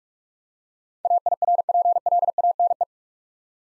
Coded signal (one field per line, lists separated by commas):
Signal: Morse code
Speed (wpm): 46 wpm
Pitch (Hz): 700 Hz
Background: none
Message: AIRPLANE